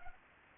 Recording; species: mosquito wingbeat signal from an infrared sensor; Anopheles arabiensis